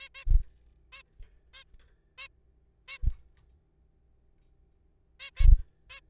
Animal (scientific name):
Taeniopygia guttata